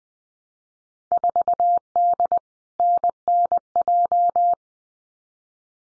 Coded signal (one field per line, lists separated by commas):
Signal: Morse code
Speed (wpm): 20 wpm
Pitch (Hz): 700 Hz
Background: none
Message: 4D NNJ